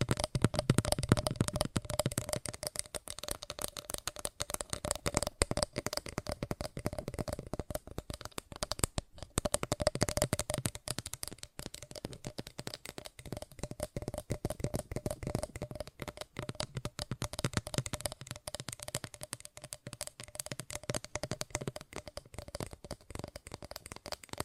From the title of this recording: ASMR Fast Tapping